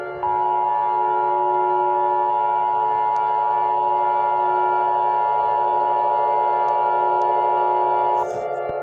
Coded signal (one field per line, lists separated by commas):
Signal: Emergency Alert System (SAME) tones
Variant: 853 and 960 Hz attention tone